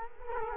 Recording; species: mosquito wingbeat signal from an infrared sensor; Culex quinquefasciatus